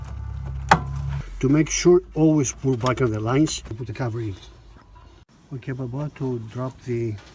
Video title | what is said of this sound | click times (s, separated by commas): Chevy Express & GMC Savana Van - Radiator Replacement | fluid lines for transmission or the cooler lines to the radiator to hear that snapping kind of thing like this | 0.7 s